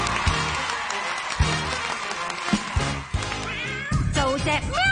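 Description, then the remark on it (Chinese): A cat meows several times, with rising and falling high-pitched cries that grow more frequent toward the end, over a steady, thumping rhythmic backing, in a jingle opening a pet segment on Hong Kong radio (RTHK Radio 2). “喵，做只狗呼呼，不做坏主人。”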